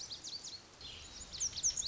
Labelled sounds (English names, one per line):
Lazuli Bunting